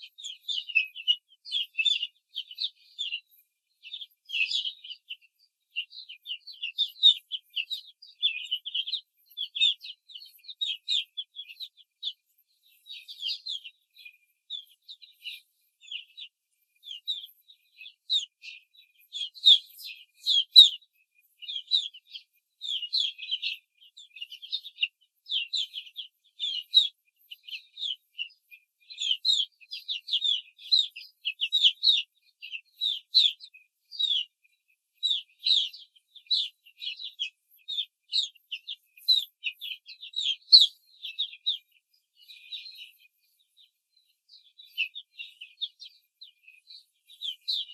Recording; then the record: young laying hens in a cage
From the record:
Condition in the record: control cage, before the stress test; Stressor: none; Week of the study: 4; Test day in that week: 1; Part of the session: 2